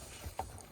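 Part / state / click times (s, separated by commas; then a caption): infant car seat LATCH connector onto vehicle lower anchor / not seated / none. An infant car seat base's LATCH connector is pushed toward the lower anchor bar of a Ford Mustang. Under a low, steady rumble, a few soft handling knocks come through, the sharpest a brief one near 0.4 s. Nothing has seated or clicked yet.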